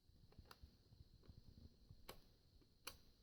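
A 5-shot single-stack .50 cal magazine is pushed into a rifle's magazine well, with quieter contact ticks around 0.5 s and 2.1 s over a faint steady hiss. The loudest, sharpest click comes at 2.9 s as the magazine seats nice and tight.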